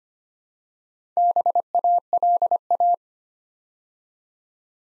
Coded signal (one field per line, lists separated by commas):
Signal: Morse code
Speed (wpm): 25 wpm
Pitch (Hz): 700 Hz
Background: none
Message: BALA